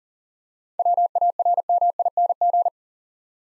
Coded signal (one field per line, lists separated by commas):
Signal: Morse code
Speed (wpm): 38 wpm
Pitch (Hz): 700 Hz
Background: none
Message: WARMING